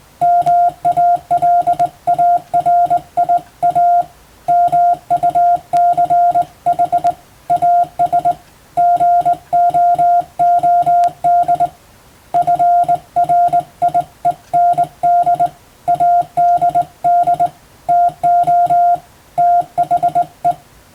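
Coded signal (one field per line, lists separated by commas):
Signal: Morse code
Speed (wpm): 20 wpm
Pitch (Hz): 700 Hz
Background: music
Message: MALARIA MUCH AS GOOD FRIEND ADD TO THE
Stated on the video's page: Morse code practice for a Japanese radiotelegraph exam, recorded on the air via amateur radio.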